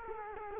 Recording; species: mosquito wingbeat signal from an infrared sensor; Culex quinquefasciatus